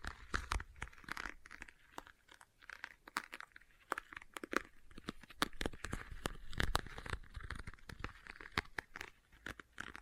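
Leather being tapped and scratched, with sharp, crisp taps landing irregularly, often several per second, throughout the ten seconds. Between the taps runs a dry, crinkly scratching that swells and fades, with a busier stretch between about four and seven seconds.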